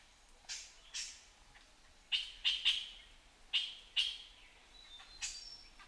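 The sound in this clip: Puff-throated bulbul giving short, harsh, scratchy notes, scattered irregularly, some in quick pairs, with a quiet background.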